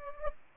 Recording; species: mosquito wingbeat signal from an infrared sensor; Anopheles gambiae